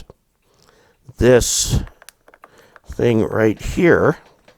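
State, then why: Not seated. Someone talks while handling a plastic light shield being fitted onto the lens housing of an Elikliv DM202 digital video microscope, which mostly hooks on and has one tab that is pressed until it snaps into place. Faint light clicks and handling noises are heard between the speech. The clip ends before the part goes home, so nothing has seated or clicked into place yet.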